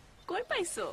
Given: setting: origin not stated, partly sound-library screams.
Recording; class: one-second piece from a danger detection set; normal situation